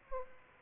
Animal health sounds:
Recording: mosquito wingbeat signal from an infrared sensor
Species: Aedes aegypti

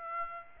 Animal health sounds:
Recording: mosquito wingbeat signal from an infrared sensor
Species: Aedes aegypti

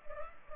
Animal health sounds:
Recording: mosquito wingbeat signal from an infrared sensor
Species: Culex pipiens

